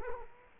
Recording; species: mosquito wingbeat signal from an infrared sensor; Culex quinquefasciatus